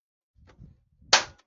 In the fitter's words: snaps into place and